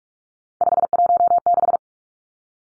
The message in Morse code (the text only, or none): 516